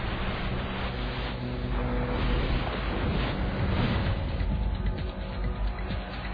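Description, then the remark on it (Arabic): A continuous, heavy roar of a waterfall, water churning and crashing against rocks, steady and loud throughout with a rumbling low end and no distinct breaks between surges. “الشلالات هي أفعوانية الأرض، تغرق وتسحق وتحطم. عندما يرفض الصخر الانجراف برفق نحو البحر فهذه النتيجة.”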